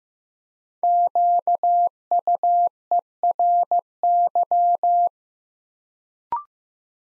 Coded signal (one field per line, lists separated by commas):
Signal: Morse code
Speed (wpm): 15 wpm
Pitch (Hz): 700 Hz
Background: none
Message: QUERY